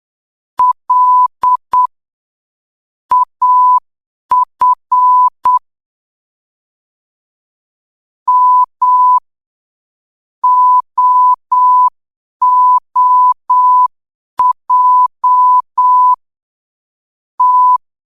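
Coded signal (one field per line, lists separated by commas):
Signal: Morse code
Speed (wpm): 8 wpm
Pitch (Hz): 1000 Hz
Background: none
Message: L AF M OOJ T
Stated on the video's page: Beginner Morse code training drill, level 2.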